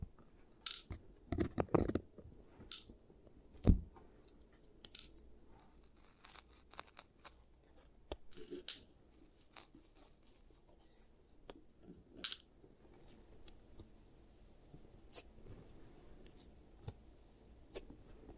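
Giant teeth treatment sounds: sharp clicks, snips and taps from tools, scattered irregularly every second or so. A dense cluster of scraping clatter comes near the start, with the loudest snap just before four seconds, over a soft low hum.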